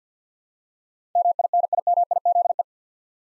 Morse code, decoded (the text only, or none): MINIMIZE